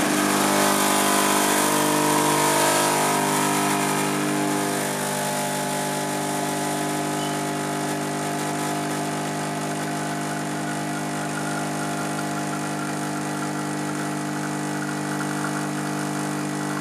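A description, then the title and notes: A cappuccino being made: a machine hums steadily with a low, even drone and several held tones. Loud hissing steam fills the first four seconds, then thins out, leaving the quieter motor-like hum running to the end. Cappuccino in the making.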